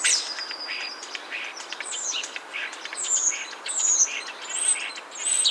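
Common starling song: a continuous jumble of high whistles, sharp clicks and chattering notes, with drawn-out whistled slurs near the start and end.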